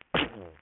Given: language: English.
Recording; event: throat vibration sensor signal played as sound; cough